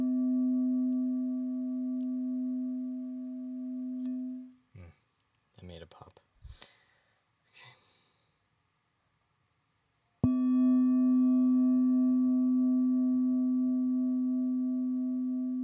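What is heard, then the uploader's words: A singing bowl rings with a steady, pure low tone and faint higher overtones, slowly fading over four seconds. After a pause filled with brief knocks and handling sounds, the bowl is struck again near ten seconds, ringing out loud and clear. Bright Simple & Happy Singing Bowl. The transcendent tones of meditative bells and Tibetan singing bowls.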